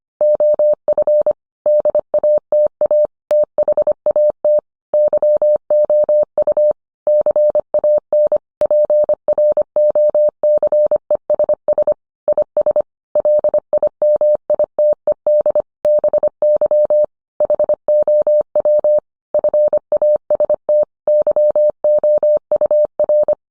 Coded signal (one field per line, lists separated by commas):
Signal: Morse code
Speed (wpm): 25 wpm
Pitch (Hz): 600 Hz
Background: none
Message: OF DATA THAT YOU CAN PROCESS IS LIMITED BY HOW FAST YOUR